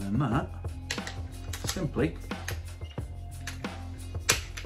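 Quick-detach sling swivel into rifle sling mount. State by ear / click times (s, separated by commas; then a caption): seated / 4.3 s. A quick-detach sling swivel has its top button pressed and is pushed into the sling mount on an airsoft M4 while someone talks over a low background hum. Several short clicks and taps sound along the way. The swivel locks in place with the loudest sharp click at 4.3 s.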